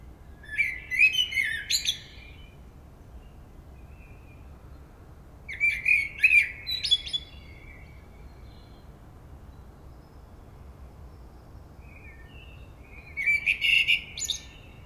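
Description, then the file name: Common blackbird song given as three short bursts of chattering, twittering notes, separated by quiet pauses with hiss between them. "Turdus merula"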